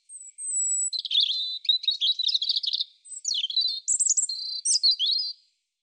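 European robin delivering a long song: a high thin note, a fast scratchy warble, then clear sliding whistles and liquid twitters, with no other sounds.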